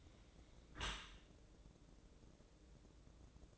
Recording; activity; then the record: daily activity, microphone in the room; close dishwasher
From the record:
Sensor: 3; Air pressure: 1012.3 hPa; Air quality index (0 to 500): 151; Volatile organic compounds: 2 ppm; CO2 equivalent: 1166 ppm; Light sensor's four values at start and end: 546/1341/554/550 and 547/1344/555/552